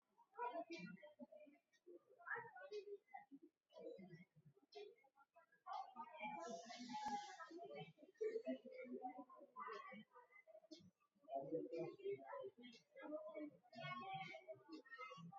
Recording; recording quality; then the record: shallow voluntary cough; poor, much background noise or distortion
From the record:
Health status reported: recovered from COVID-19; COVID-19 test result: positive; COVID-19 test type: RT-PCR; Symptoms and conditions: hypertension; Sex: male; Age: 54 years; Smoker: yes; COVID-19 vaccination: both doses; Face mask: worn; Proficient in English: yes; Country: India